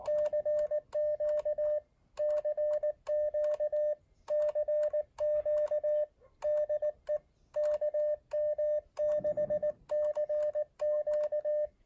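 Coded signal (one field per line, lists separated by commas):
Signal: Morse code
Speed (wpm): 19 wpm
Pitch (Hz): 600 Hz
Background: radio noise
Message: CQ CQ CQ DE KM6CQ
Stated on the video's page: Elecraft AX1 portable QRP antenna.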